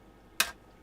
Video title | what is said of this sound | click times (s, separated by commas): WARHAMMER SUNDAY 06/03/2022 17:00 GMT (ish, maybe earlier): 180 Blipverts | i i watched you put that turret down and it it snapped into place beautifully what that one | 0.4 s